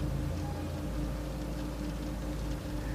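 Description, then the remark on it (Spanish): A car engine rumbles steadily at a low pitch, with a constant hiss over it and no voices, holding the same loudness from start to finish. “Señor del coche, ya terminó de arrancar su motor, váyase.”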